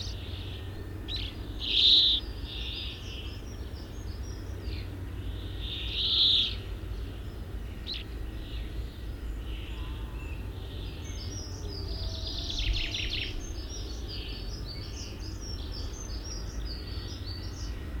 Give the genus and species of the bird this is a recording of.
Fringilla montifringilla